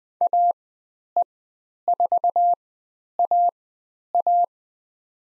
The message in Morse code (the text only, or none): AE4AA